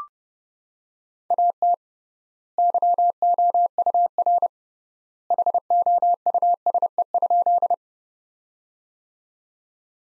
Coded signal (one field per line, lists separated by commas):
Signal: Morse code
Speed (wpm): 31 wpm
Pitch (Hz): 700 Hz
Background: none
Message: AT YOUR HOUSE?